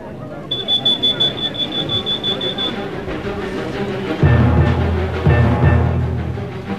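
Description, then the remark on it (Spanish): A shrill, high-pitched alarm beeps in rapid pulses for a couple of seconds, then fades beneath a louder, low rumbling racket with a few ringing tones. “La alarma ha sonado.”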